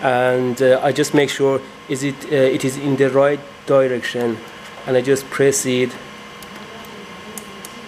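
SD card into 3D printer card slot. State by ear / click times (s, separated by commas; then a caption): seated / 7.4 s. Someone talks while an SD card is pressed into the spring-loaded SD card slot of a Duplicator 10 3D printer. After the talking stops, a sharp click is heard at 7.4 s, and the card is seated in the slot.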